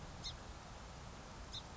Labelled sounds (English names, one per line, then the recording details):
Song Sparrow
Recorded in Sonoma County, California